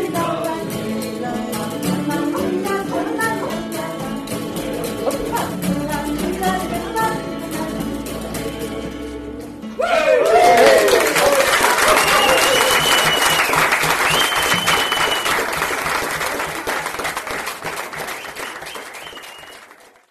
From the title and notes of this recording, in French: Kerry's bar a théme une chouette ambiance dans ce bar.